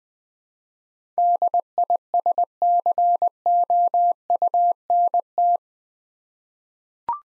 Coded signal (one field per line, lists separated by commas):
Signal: Morse code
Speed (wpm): 20 wpm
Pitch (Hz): 700 Hz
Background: none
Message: DISCOUNT